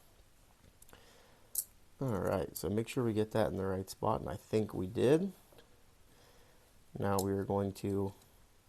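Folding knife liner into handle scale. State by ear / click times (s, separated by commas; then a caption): not seated / none. While a Stedemon ZKC C02 folding knife is being reassembled, it is handled in preparation for its metal liner to be pressed onto the back side of the handle scale. Someone talks throughout, with faint handling ticks near 0.8–0.9 s and a short sharp tick at 1.6 s. Nothing has seated or clicked into place yet.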